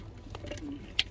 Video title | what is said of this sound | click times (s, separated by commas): Hyundai Santa fe No VSS Signal - P0500 Troubleshooting & Fix Case Study #P0500 #Hyundai #speedsensor | in there. Locks in place, it makes some noise. | 1.0 s